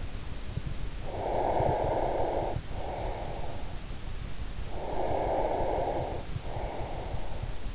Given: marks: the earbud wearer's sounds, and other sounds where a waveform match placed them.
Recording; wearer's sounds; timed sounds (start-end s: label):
sounds in sleep by an in-ear microphone; breath
0.92-3.69 s: breath
4.62-7.75 s: breath